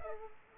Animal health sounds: mosquito wingbeat signal from an infrared sensor; Culex pipiens

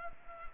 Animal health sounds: mosquito wingbeat signal from an infrared sensor; Culex pipiens

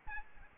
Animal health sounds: mosquito wingbeat signal from an infrared sensor; Aedes albopictus

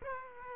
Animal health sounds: mosquito wingbeat signal from an infrared sensor; Aedes aegypti

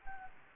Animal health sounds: mosquito wingbeat signal from an infrared sensor; Anopheles gambiae

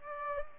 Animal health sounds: mosquito wingbeat signal from an infrared sensor; Culex pipiens

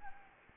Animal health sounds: mosquito wingbeat signal from an infrared sensor; Anopheles gambiae

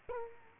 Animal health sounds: mosquito wingbeat signal from an infrared sensor; Culex quinquefasciatus

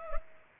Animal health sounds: mosquito wingbeat signal from an infrared sensor; Culex pipiens

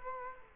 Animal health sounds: mosquito wingbeat signal from an infrared sensor; Culex quinquefasciatus

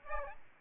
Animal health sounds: mosquito wingbeat signal from an infrared sensor; Aedes albopictus

